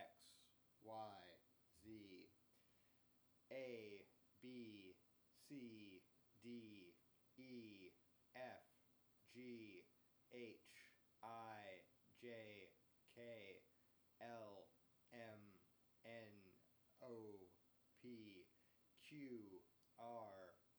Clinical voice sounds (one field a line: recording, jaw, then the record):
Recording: letters of the alphabet, spoken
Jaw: free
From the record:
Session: first day, before the bite bar